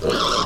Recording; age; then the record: pig call; piglet (1 to 25 days)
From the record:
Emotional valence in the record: positive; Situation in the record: reunion after long isolation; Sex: female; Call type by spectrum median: low-frequency call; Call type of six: mixed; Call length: 0.46 s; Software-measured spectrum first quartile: 735 Hz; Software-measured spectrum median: 1465 Hz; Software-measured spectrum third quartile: 4060 Hz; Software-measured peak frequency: 459 Hz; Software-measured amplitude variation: 117 dB a second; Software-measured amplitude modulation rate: 22.7 a second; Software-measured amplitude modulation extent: 5.1 dB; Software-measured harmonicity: 1.3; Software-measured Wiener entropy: -2.17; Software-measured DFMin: 986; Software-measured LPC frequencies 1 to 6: 517, 1233, 3427, 4076, 5264, 6656 Hz